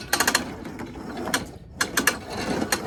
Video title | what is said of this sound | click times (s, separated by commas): Welding Rig 100’ Air Hose Reel Unboxing | So as you all can see, it does lock into place, which is fantastic. | 1.8 s, 2.1 s